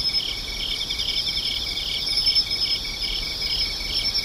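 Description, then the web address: Shrill insect chorus with a steady high drone, a fast pulsed trill and soft blurred chirps running throughout. "cats nishikawa 201110 mushinokoi"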